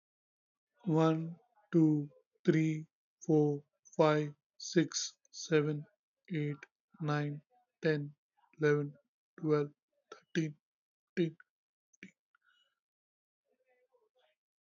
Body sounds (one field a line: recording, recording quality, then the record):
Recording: counting at a normal pace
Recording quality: excellent, no background noise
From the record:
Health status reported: healthy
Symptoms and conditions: hypertension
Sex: male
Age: 52 years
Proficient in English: yes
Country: India